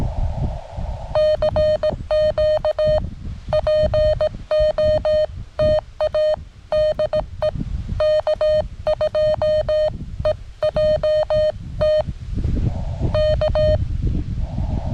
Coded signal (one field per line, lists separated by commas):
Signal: Morse code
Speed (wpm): 17 wpm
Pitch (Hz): 610 Hz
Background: none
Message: CQ POTA DE K2EJT K